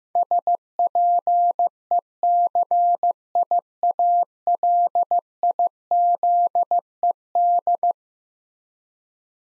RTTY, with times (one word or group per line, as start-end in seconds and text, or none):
none